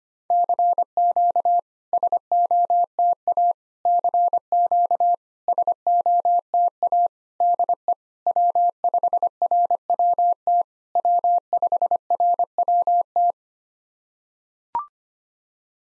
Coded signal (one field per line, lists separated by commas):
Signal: Morse code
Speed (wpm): 25 wpm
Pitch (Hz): 700 Hz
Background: none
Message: CQ SOTA CQ SOTA DE W5RWT W5RWT